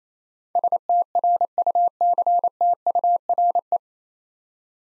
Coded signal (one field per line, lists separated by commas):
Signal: Morse code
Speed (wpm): 27 wpm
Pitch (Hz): 700 Hz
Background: none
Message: STRUCTURE